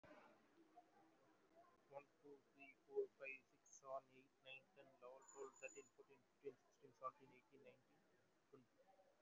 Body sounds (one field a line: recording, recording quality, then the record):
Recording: counting at a fast pace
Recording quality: excellent, no background noise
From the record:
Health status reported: COVID-19 positive, moderate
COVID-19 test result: positive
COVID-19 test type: RT-PCR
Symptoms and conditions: fever, muscle pain, loss of smell and taste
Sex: male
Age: 28 years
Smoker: no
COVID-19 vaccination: both doses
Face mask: worn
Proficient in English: yes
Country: India